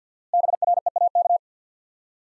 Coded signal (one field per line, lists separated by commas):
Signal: Morse code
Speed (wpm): 50 wpm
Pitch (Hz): 700 Hz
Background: none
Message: BREAK